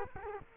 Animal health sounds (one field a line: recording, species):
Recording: mosquito wingbeat signal from an infrared sensor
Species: Culex quinquefasciatus